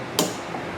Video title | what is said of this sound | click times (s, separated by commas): Fuel Pump Replacement Chevrolet Silverado Suburban Tahoe GMC Yukon XL Sierra 2000-2006 | and install them you just push on until you hear it click just | 0.2 s